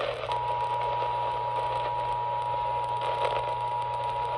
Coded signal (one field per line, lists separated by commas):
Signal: Emergency Alert System (SAME) tones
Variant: 853 and 960 Hz attention tone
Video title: An Enhanced Mess || EAS Alerts from 6/26/23 || EAS 646-685